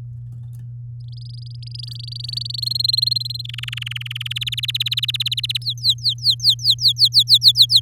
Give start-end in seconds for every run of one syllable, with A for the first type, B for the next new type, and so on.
1.08-2.60 A, 2.62-3.42 B, 3.44-4.33 C, 4.36-5.57 D, 5.62-7.80 E